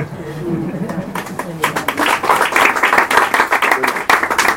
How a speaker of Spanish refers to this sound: No hace falta que aplaudáis, nada, pues, no se agradece